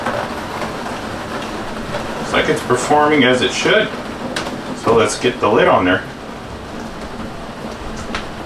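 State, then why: Seated. A plastic hooded lid is lowered onto the base of a self-cleaning automatic litter box while someone talks over a steady background hum. The lid snaps on with a short, sharp click at 8.2 seconds, seated in place.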